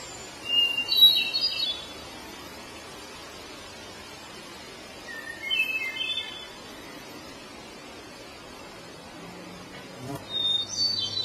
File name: Catharus guttatus